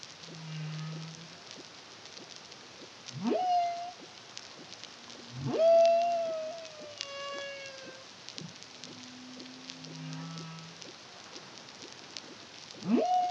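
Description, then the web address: Humpback whale song: low buzzy moans alternating with abrupt rising whoops that level into long sliding tones, several units in sequence, over steady underwater hiss. Caribbean, 2023. "CARIMAM humpback whale song"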